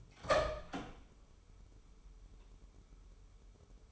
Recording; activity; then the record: daily activity, microphone in the room; open door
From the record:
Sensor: 1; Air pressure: 1015.2 hPa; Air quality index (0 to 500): 175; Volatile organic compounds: 14 ppm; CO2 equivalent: 2440 ppm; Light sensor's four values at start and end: 14/32/13/15 and 14/32/13/15